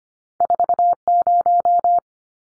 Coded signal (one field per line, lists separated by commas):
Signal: Morse code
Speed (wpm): 25 wpm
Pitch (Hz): 700 Hz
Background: none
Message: 40